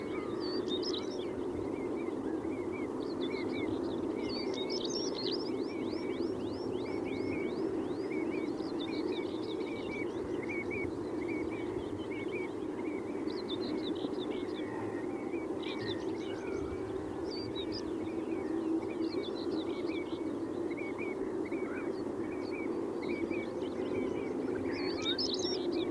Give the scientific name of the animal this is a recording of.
Saxicola rubicola